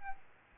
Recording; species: mosquito wingbeat signal from an infrared sensor; Aedes albopictus